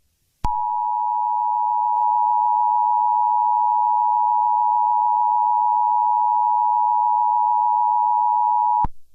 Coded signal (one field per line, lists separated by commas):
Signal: Emergency Alert System (SAME) tones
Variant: 853 and 960 Hz attention tone